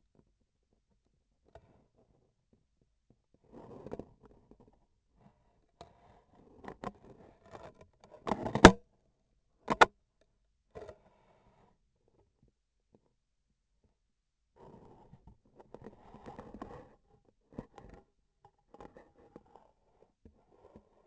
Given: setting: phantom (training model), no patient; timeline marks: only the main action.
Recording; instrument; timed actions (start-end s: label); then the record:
laparoscopic instrument, vibration sensor on the handle end; scissors
8.19-8.87 s: cutting foam
From the record:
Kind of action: gesture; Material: foam